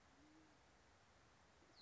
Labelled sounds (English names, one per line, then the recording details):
Band-tailed Pigeon
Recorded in Sonoma County, California